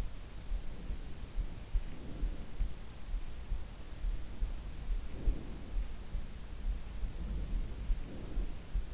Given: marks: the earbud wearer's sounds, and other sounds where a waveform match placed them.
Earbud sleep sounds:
sounds in sleep by an in-ear microphone; breath
0.67-2.54 s: breath
5.04-5.81 s: breath
6.90-8.49 s: breath

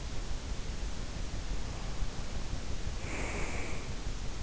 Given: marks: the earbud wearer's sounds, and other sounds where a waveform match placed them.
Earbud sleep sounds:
sounds in sleep by an in-ear microphone; breath
1.56-4.09 s: breath

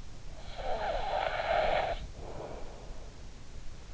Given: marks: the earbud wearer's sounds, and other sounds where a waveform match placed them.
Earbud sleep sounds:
sounds in sleep by an in-ear microphone; snoring breath
0.25-3.12 s: snoring breath

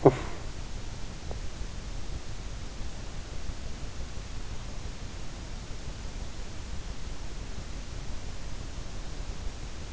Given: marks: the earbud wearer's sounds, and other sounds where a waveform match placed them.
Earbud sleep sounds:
sounds in sleep by an in-ear microphone; talking in sleep
0.00-0.36 s: talking in sleep

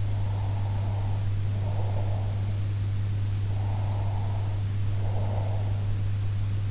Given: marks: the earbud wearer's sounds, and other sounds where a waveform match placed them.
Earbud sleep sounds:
sounds in sleep by an in-ear microphone; breath
0.04-2.38 s: breath
3.52-5.78 s: breath

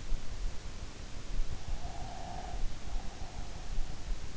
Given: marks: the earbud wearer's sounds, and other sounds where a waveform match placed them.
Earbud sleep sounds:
sounds in sleep by an in-ear microphone; breath
1.54-4.19 s: breath

